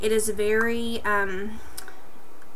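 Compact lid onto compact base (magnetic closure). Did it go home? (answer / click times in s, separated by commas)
yes / 1.9 s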